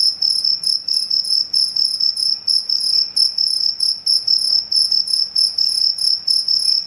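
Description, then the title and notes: Cricket giving a high, ringing chirp, pulsed rhythmically about one and a half times a second, steady throughout. Cricket chirping, said to repel mosquitoes, insects and rats. "Suara Pengusir Nyamuk Anti Masquito. Jangkrik pengusir tikus. Suara Pengusir Serangga dan Tikus"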